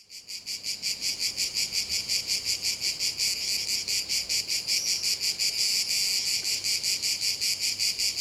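Cicadas in a loud, steady, high-pitched buzzing chorus, pulsing rapidly after fading in, with no other clear sounds.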